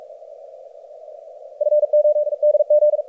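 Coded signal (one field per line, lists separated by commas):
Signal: Morse code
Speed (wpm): 51 wpm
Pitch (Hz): 600 Hz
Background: none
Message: FO DG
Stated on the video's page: Morse from a Maldives DX station during a pile-up.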